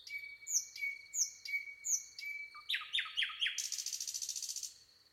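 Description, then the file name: Common nightingale singing: several high looping whistled notes, a quick series of descending chirps, then a harsh rapid rattle, with a continuous thin whine behind. "Luscinia megarhynchos"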